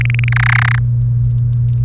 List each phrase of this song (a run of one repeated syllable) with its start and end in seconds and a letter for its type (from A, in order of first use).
0.01-0.29 A, 0.32-0.78 B